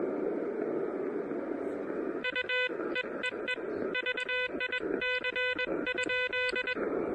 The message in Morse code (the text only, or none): U E EE VIC ?